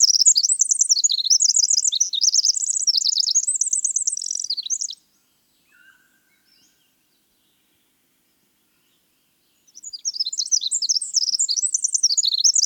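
Winter wren song: a fast, bubbling run of very high trills and chattering notes, a quiet gap of about five seconds, then another tumbling song begins.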